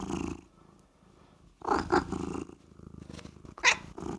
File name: Catsoundswav